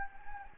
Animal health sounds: mosquito wingbeat signal from an infrared sensor; Anopheles gambiae

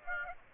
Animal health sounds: mosquito wingbeat signal from an infrared sensor; Aedes aegypti

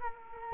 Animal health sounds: mosquito wingbeat signal from an infrared sensor; Culex quinquefasciatus

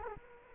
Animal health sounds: mosquito wingbeat signal from an infrared sensor; Culex quinquefasciatus

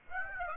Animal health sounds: mosquito wingbeat signal from an infrared sensor; Aedes aegypti

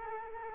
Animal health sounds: mosquito wingbeat signal from an infrared sensor; Culex quinquefasciatus

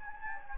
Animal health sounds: mosquito wingbeat signal from an infrared sensor; Anopheles gambiae

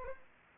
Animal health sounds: mosquito wingbeat signal from an infrared sensor; Anopheles arabiensis

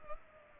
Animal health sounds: mosquito wingbeat signal from an infrared sensor; Culex pipiens

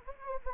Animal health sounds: mosquito wingbeat signal from an infrared sensor; Anopheles gambiae

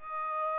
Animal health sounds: mosquito wingbeat signal from an infrared sensor; Aedes aegypti

